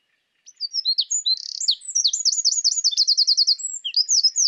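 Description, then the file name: Eurasian wren delivering an energetic high song of rapid twittering notes and a long trill, continuous from its start at about half a second to the end. "Troglodytes troglodytes"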